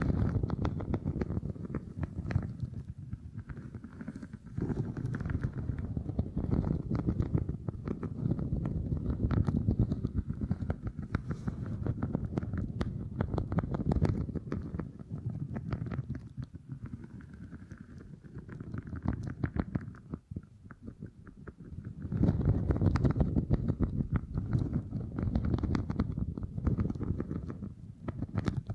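Beeswax being handled makes a dense, squishy, low rumbling texture scattered with quick soft clicks and crackles. The sound runs fairly steadily, thins and quiets briefly around the twenty-second mark, then swells back up, fuller and louder, to the end.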